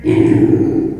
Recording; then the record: squeal of a Yucatan mini pig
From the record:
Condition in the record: before surgery on the right vocal fold (resection and tissue-engineered implant); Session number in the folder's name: 1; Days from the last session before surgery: -21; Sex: female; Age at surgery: 19 weeks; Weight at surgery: 25 kg